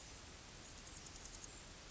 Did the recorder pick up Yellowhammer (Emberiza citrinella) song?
no